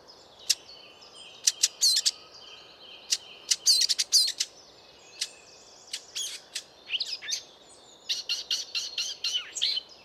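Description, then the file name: Eurasian blackcap calls, scattered sharp tacking clicks, some single and some in quick runs, becoming more frequent toward the end. "Sylvia atricapilla"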